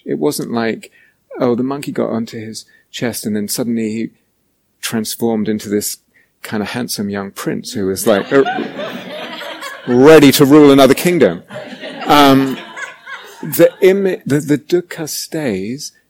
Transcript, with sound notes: It wasn't like, oh, the monkey got onto his chest, and then suddenly he transformed into this kind of handsome young prince who was... [laughter] ready to rule another kingdom. [laughter] The dukkha stays.